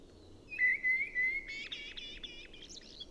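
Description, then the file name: Common blackbird song: a low fluted whistle sliding gently, then a burst of rapid high twittering notes, with faint background hiss. "Turdus merula"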